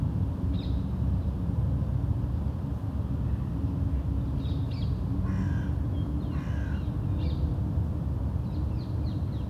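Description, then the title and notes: Crows cawing: rough, nasal calls given singly and in quick pairs throughout, with a continuous deep rumble underneath. Crows in a park in Uccle, Belgium; park ambience; recorded with DPA 2006c microphones in AB position into an SD MixPre-D and Sony PCM-M10. "Corbeaux - Crows. Parc de Wolvendael, 1180 Uccle, Belgium. Ambiance dans le parc, quelques oiseaux"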